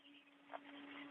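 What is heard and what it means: A cosmonaut turns a hatch tool until it is tight to latch the closed hatch cover on a space station airlock hatch, stopping when the click is heard. Over a steady hum, a short sharp click sounds at 0.5 s. The crew confirms the latch clicked home and is seated.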